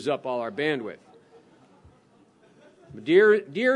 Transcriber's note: audience laughs